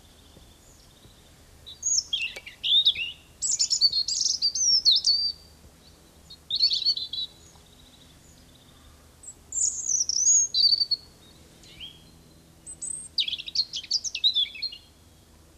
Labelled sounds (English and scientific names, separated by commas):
European Robin (Erithacus rubecula) song